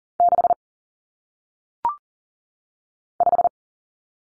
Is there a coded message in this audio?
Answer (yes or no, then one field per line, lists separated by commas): yes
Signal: Morse code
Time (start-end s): 0.2-3.5 s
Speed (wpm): 38 wpm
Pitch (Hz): 700 Hz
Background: none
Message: 6 5